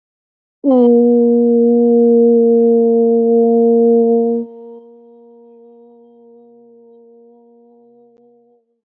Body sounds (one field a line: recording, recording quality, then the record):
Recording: sustained vowel as in boot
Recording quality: excellent, no background noise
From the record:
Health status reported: healthy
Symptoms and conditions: none ticked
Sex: female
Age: 25 years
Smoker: not ticked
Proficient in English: yes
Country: India